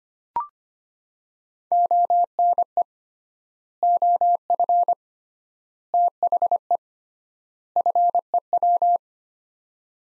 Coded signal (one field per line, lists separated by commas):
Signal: Morse code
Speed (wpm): 25 wpm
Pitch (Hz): 700 Hz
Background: none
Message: ONE OF THE FEW